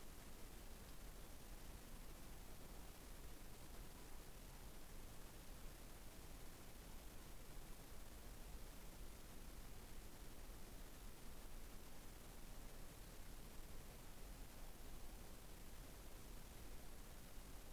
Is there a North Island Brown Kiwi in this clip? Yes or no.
no